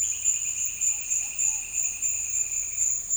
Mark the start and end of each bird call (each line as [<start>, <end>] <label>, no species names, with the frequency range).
[0.00, 2.96] bird call (1.8-3.8 kHz)